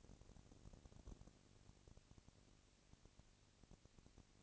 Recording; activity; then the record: daily activity, microphone in the room; no activity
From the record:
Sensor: 4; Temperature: 22.4 degrees Celsius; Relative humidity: 31.9%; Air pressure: 997.9 hPa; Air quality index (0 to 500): 203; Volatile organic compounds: 17 ppm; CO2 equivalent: 2570 ppm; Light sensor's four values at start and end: 2/3/1/1 and 2/3/1/1